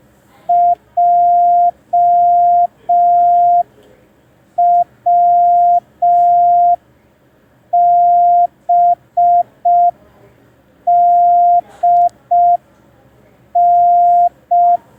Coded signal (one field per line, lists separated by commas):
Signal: Morse code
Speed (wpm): 5 wpm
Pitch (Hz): 700 Hz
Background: none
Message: JWBDN